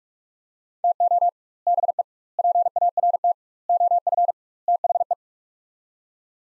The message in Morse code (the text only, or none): TO BE PART OF THE